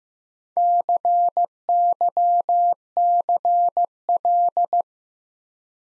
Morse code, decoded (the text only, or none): CYCL